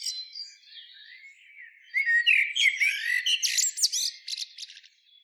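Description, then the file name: Common blackbird song: mellow, fluted warbling that slides about, then a scratchy high twittering flourish. "Turdus merula"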